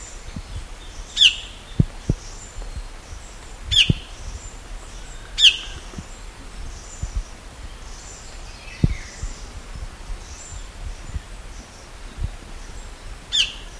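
Bird calls: brief, high, down-slurred chirps at irregular intervals, with faint softer notes between them and scattered low knocks underneath.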